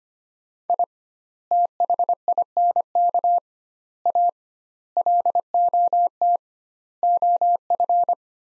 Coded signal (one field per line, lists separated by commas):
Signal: Morse code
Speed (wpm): 25 wpm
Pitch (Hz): 700 Hz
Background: none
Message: I THINK A LOT OF